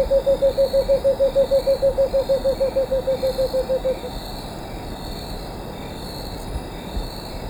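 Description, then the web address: Cinnamon screech owl song: a rapid, regular run of low hooting notes that ends after about four seconds, leaving quiet background hiss. Recorded in Ecuador. "Birds of Ecuador. Cinnamon Screech-Owl"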